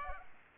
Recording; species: mosquito wingbeat signal from an infrared sensor; Culex pipiens